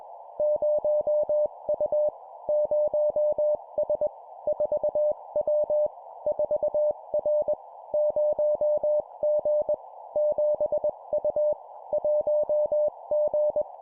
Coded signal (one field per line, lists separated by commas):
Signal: Morse code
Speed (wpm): 21 wpm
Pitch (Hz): 600 Hz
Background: none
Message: 0U 0S 4W 4R 0G 7U 1G